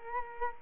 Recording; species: mosquito wingbeat signal from an infrared sensor; Culex quinquefasciatus